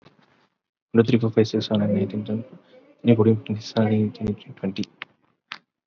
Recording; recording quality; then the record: counting at a fast pace; excellent, no background noise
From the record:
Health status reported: COVID-19 positive, mild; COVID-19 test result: positive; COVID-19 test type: RT-PCR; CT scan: not taken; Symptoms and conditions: cough, breathing difficulty, fatigue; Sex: male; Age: 30 years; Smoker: no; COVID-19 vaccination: none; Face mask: not worn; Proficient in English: yes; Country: India